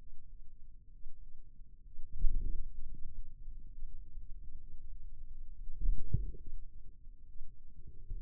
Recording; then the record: forearm muscle sounds (acoustic myography)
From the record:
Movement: wrist extension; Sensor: system 2, bracelet of six BSWA MPA416 microphones around the upper forearm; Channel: 5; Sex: male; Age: 22 years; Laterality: right